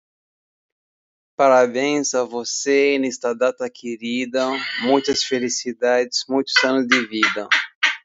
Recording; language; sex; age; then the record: short text; Brazilian Portuguese; male; 50 to 59 years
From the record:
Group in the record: control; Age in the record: 50 years